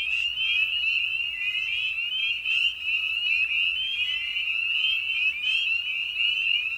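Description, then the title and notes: Spring peeper chorus of many piercing, upward-sliding peeps, constant and overlapping. Evening at a frog pond. "Night of the Peepers. Species in Focus: Spring Peeper (Pseudacris crucifer). Ian Carlsen"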